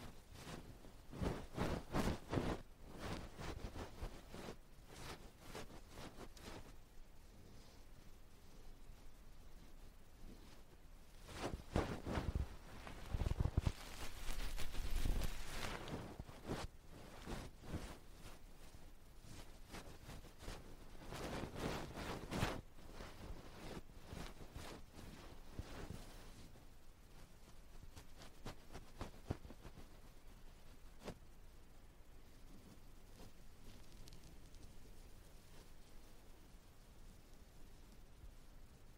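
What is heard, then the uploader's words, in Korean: Scratchy rustling of something brushing and touching an ear, coming in uneven bursts with short pauses. The fullest, loudest stretches come early, around the middle and just past twenty seconds; later the strokes thin out into quieter, sparser taps and scrapes. No talking 말없이 귀에 먼지 털어내기 ear touching sound.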